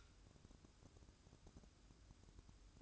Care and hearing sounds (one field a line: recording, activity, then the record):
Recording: daily activity, microphone in the room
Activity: light on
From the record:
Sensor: 2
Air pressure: 1007.7 hPa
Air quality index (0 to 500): 65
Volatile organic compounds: 1 ppm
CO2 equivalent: 609 ppm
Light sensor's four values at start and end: 9/21/9/9 and 14/40/16/16